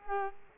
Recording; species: mosquito wingbeat signal from an infrared sensor; Culex quinquefasciatus